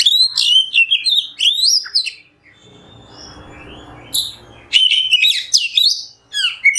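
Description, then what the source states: Oriental magpie-robin song, bright whistled and chattering phrases, a quiet gap of a couple of seconds in the middle, then another burst of fast varied notes. Masteran kacer in the nembak song style, a tutor song for training captive songbirds.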